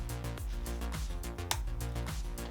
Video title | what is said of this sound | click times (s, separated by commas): Stud Finder Simple To Use! | it snaps put your battery | 1.5 s